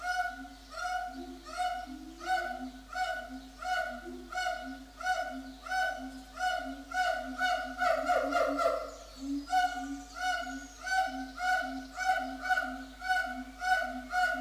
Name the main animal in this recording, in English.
Siamang